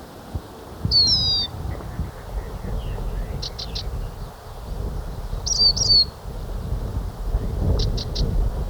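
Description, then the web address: Lesser goldfinch calls: high, thin whistled notes and short twittering clusters, spaced irregularly, against low rumbling background noise. Recorded in Ecuador. "Natures Songs S America Birds of Ecuador. Lesser Goldfinch"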